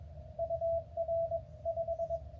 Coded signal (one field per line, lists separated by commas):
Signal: Morse code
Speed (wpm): 16 wpm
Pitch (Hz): 660 Hz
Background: none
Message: UR 5